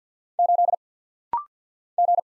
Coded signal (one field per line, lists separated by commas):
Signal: Morse code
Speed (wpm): 50 wpm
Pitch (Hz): 700 Hz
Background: none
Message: 8 G